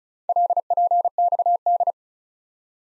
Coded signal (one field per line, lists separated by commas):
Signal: Morse code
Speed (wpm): 36 wpm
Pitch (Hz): 700 Hz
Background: none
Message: LPXD